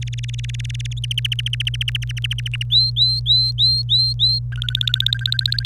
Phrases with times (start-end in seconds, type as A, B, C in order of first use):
0.01-0.93 A, 0.97-0.99 B, 1.04-2.63 C, 2.70-4.39 D, 4.52-5.66 E